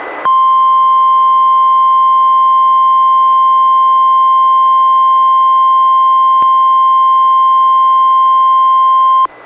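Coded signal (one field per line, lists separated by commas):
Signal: Emergency Alert System (SAME) tones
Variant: 1050 Hz attention tone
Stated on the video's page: NWR Required Weekly Test relayed by NOAA Weather Radio station, recorded from a Reecom R-1630 weather radio through a Zoom H1 recorder.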